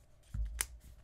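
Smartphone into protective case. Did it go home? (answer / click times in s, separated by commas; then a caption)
yes / 0.6 s. A Samsung Galaxy S24 Ultra is pressed into a thin protective case that is light and covers the sides and back. Low handling rustles come first, then a sharp, bright snap at 0.6 s as the phone seats. It snaps into place and fits the case well.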